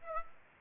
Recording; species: mosquito wingbeat signal from an infrared sensor; Aedes aegypti